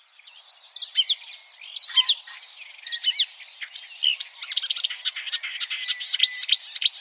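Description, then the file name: Marsh warbler song of quick, varied chirps, rattles and sharp slurred notes, delivered in an irregular, continuous flow with little pause. "suara kicauan burung marsh warbler. omkicau"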